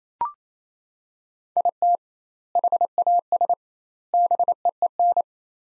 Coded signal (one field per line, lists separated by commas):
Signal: Morse code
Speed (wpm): 28 wpm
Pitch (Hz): 700 Hz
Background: none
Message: IT HAS BEEN